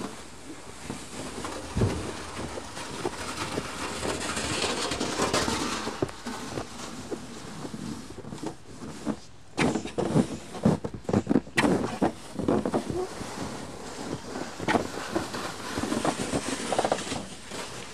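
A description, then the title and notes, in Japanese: Snow being cleared away, with rough scraping strokes throughout and a dense cluster of sharp thuds and scrapes between about nine and twelve seconds. 湯治場ラジオ 雪下ろしASMR。村井六助さんでの雪下ろしの音を配信します。会話はありません。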